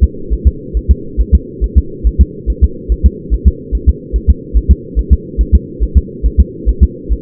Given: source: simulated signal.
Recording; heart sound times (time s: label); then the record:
fetal heart sounds
0.04 s: S2
0.33 s: S1
0.47 s: S2
0.77 s: S1
0.91 s: S2
1.21 s: S1
1.35 s: S2
1.64 s: S1
1.78 s: S2
2.07 s: S1
2.21 s: S2
2.50 s: S1
2.64 s: S2
2.92 s: S1
3.06 s: S2
3.34 s: S1
3.48 s: S2
3.75 s: S1
3.89 s: S2
4.16 s: S1
4.30 s: S2
4.57 s: S1
4.71 s: S2
4.99 s: S1
5.13 s: S2
5.41 s: S1
5.55 s: S2
5.83 s: S1
5.98 s: S2
6.26 s: S1
6.40 s: S2
6.69 s: S1
6.83 s: S2
7.12 s: S1
From the record:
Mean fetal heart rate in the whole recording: 140 bpm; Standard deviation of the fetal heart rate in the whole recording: 2 bpm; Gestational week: 34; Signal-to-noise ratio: -4.3 dB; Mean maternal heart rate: 72 bpm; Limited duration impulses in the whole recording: absent